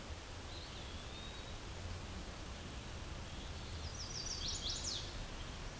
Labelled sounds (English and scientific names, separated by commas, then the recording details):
Chestnut-sided Warbler (Setophaga pensylvanica) song
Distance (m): 25 m
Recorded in a Pennsylvania forest on 17 May 2023 at 11:51
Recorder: AudioMoth, point grid1_40_low
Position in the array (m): 121 m, 207 m